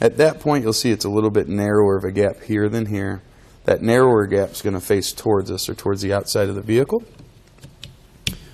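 Someone talks while a Michelin rear wiper blade's polymer adapter is slid down onto the wiper arm hook of a 2019 Jeep Cherokee. After the talking stops, a few faint handling sounds follow, then a sharp click at 8.3 s as the adapter is rotated into its stop. The blade is seated on the arm and ready for use.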